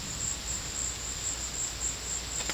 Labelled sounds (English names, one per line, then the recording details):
none
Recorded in secondary vegetation near Puerto Asís, Putumayo, Colombia, on 4 March 2025 at 15:30
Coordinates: 0.498, -76.327
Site G001